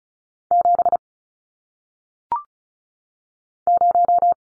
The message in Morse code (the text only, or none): 7 0